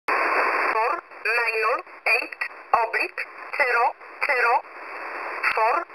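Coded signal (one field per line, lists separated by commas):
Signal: numbers station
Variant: E11 Oblique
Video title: E11 Oblique 22/10/2023 0700 UTC 9079kHz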